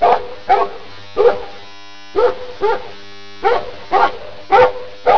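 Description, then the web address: Dog barking repeatedly: about nine sharp barks, mostly in quick pairs, with short silences between. "BBCMM 003. DOGBARKA"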